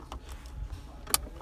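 During a vehicle inspection, a seatbelt's metal tongue is fastened into its buckle. After a few faint ticks and low rumble, the latch snaps home with one sharp click at 1.1 s. The buckle is seated.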